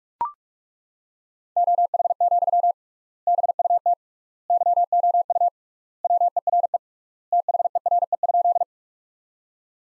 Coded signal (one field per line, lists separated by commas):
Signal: Morse code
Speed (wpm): 41 wpm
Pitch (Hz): 700 Hz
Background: none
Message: OH, BUT YOU WERE THERE?